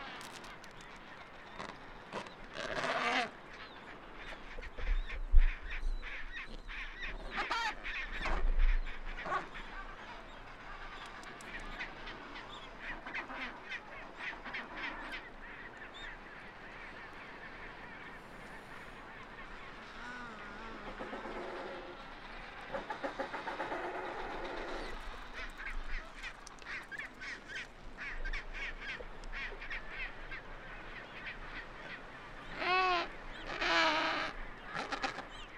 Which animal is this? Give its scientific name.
Pygoscelis adeliae